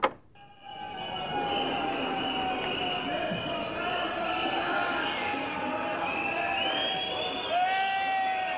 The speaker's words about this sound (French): Vous entendez le bruit de la foule ? Archives d'époque.